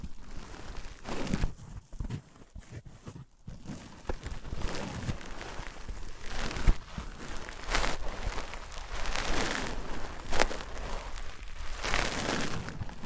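Objects of wood, cork, sponge, foam, glass and plastic are handled and struck in irregular bursts of crinkly scraping and tapping, briefly quieter near four seconds.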